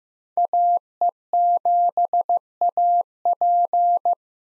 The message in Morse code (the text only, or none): AE7AP